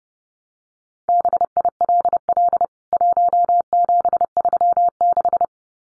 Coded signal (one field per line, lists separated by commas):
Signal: Morse code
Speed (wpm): 30 wpm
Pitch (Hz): 700 Hz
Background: none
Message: BILL 1736